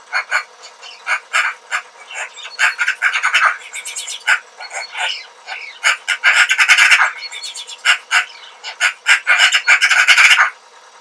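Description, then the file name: Eurasian magpie chattering in a long, rapid run of harsh, rattling notes that continues throughout. "Pica pica"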